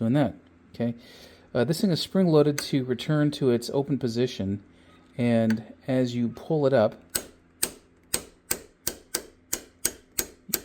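Someone talks while pulling up a spring-loaded lever in the floor or transmission tunnel assembly of a 1957 MGA, a lever that normally springs back to its open position. Sharp ratchet clicks ring out at 7.2, 7.6, 8.1, 9.9, 10.2 and 10.5 seconds as it engages step by step. The ratchet catches and holds the lever in place.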